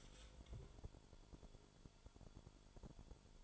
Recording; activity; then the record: daily activity, microphone in the room; take from stove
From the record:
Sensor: 5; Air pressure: 1008.1 hPa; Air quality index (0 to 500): 115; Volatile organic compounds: 1 ppm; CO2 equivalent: 888 ppm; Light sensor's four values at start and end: 28/62/26/26 and 29/64/26/26